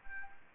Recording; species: mosquito wingbeat signal from an infrared sensor; Anopheles gambiae